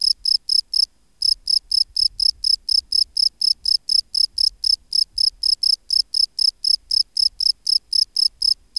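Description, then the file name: Field cricket singing loud, even, high-pitched chirps in a rapid series, with a brief pause near the start. "Bio Acoustica. Gryllus campestris"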